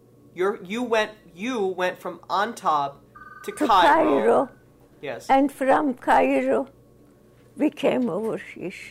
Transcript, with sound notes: You, you went, you went from Aintab (a telephone rings in the background)
To Cairo and from Cairo we came over here.